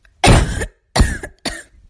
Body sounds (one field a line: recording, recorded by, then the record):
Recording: voluntary cough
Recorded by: messaging app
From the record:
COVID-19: negative